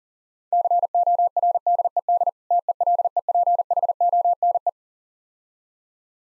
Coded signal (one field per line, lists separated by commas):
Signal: Morse code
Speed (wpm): 40 wpm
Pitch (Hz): 700 Hz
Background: none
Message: CORDED TELEPHONE